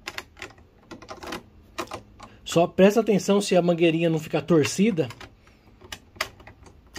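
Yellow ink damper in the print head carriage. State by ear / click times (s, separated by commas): partly seated / 6.2 s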